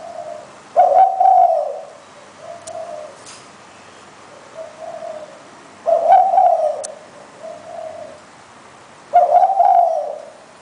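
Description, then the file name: Spotted dove giving a cooing phrase: strong hoarse coos around one, six and nine seconds, each followed by quieter, shorter coos. "นกเขาใหญ่"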